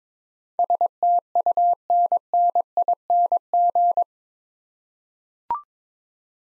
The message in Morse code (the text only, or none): STUNNING